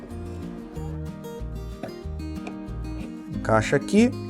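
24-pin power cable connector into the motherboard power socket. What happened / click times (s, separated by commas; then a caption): The connector is being handled and has not clicked home yet / none. A 24-pin ATX power cable's plastic connector is being handled and pushed toward the motherboard power socket while someone talks over background music. Brief handling knocks are heard, but nothing has seated or clicked yet, so the latch is not yet engaged.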